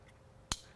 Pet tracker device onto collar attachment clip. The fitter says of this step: hear them two snaps and then what this device will do is it'll start this just activated it